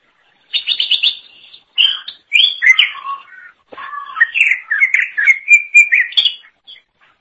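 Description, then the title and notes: Leafbird song: a fast rattled trill opening a long medley of squeaky whistles and chatters with rapid changes of pitch. Cucak ijo song. "Suara Kicauan Burung Cucak Ijo"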